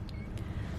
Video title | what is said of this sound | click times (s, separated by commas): What's in my Osprey Day Pack? | that then snaps on like that you can hear it and | 0.1 s